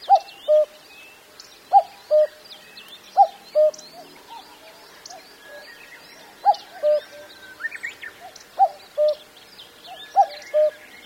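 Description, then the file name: Common cuckoo repeating its falling two-note cuck-oo six times, clear over a busy background of high twittering birds. "kakko"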